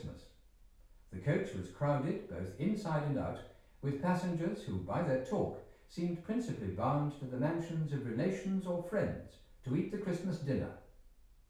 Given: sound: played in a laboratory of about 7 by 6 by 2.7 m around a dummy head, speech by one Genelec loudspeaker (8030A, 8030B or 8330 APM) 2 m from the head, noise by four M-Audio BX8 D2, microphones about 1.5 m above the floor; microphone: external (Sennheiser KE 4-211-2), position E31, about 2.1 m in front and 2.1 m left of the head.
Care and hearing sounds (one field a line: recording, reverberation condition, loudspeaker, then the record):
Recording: male speech in English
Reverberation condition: medium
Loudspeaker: 120 degrees to the left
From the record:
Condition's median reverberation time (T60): about 510 ms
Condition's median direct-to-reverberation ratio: about -0.5 dB